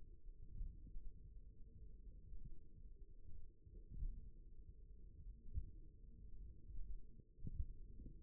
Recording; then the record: forearm muscle sounds (acoustic myography)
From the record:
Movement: tripod grip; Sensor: system 1, eight BSWA MPA416 microphones around the upper forearm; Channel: 2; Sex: male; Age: 54 years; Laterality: right